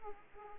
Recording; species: mosquito wingbeat signal from an infrared sensor; Aedes aegypti